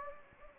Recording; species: mosquito wingbeat signal from an infrared sensor; Anopheles gambiae